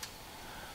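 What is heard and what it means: A folding drone arm is pulled out from its stowed position until its hinge locks into the drone body. A single short, bright tick is heard at 0.0 s. After it comes a faint steady hiss, and the arm is seated and locked.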